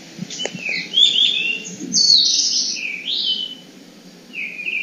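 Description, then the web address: Blue-and-white flycatcher singing, bright whistled phrases with slurred high notes, delivered in several separate bursts, with a few soft low thuds early on. "kiracladays. ooruri"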